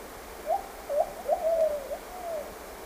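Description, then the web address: Plumbeous pigeon song: a short phrase of several soft, low, hollow cooing notes, slightly wavering, over faint steady background hiss. Ecuador. "Birds of Ecuador. Plumbeous Pigeon"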